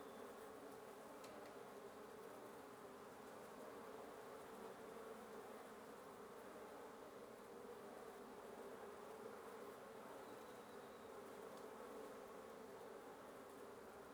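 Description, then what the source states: Many wasps humming together in an unbroken buzzy drone. Wasp nest under the roof of the recordist's residence at 1a Avenida Norte 19, Antigua Guatemala, Guatemala; recorded in the morning.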